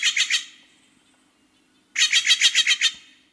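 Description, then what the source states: Steller's Jay harsh calls, a burst of three rasping notes, then after a pause a longer series of several similar grating notes. A jay that may visit yards.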